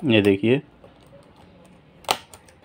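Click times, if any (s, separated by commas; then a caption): 2.1 s. Someone talks at the start, then a replacement laptop keyboard is pressed down at its lock points so its plastic tabs snap into the laptop chassis. A sharp click at 2.1 s is followed by a few fainter ticks, and the keyboard is locked in place.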